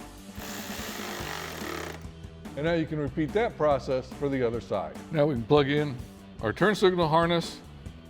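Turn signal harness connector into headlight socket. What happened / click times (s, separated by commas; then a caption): Handled, not yet home: the wiring connector has not snapped in by the end / none. A turn signal wiring harness connector is handled near the socket of an AlphaRex MK II NOVA-Series LED projector headlight on a 2018-2023 Mustang GT. A broad hiss runs from about 0.4 to 2.0 s, then someone talks from about 2.5 s to the end over a low steady hum. Nothing has seated or clicked yet.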